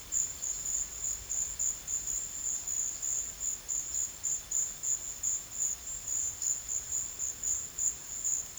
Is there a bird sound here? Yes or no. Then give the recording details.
no. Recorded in pastures near Puerto Asís, Putumayo, Colombia, on 21 March 2025 at 14:30. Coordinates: 0.487, -76.322. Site G077